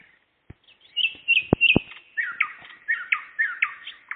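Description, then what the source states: Nightingale singing rapid, varied warbled notes and slurred chirps, with a few sharp clicks heard near the start. Singing in the evening, 11 May 2014.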